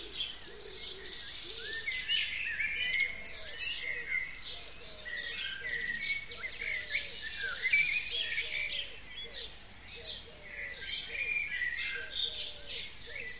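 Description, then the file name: Birds: busy bird chorus of many overlapping high chirps and twitters, with a steady series of soft lower notes beneath throughout. "zvuki peniia ptits"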